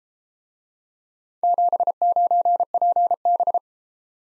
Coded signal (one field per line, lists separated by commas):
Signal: Morse code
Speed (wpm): 33 wpm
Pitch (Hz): 700 Hz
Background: none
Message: 79PB